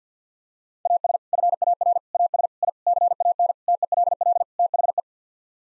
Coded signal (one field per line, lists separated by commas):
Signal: Morse code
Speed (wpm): 50 wpm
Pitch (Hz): 700 Hz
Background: none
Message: AS FAR AS I CAN TELL THE